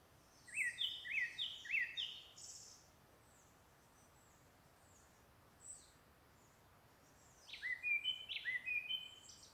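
Bird phrases of brief whistled notes given in quick rising sequences, two bursts separated by a few seconds of hissy background.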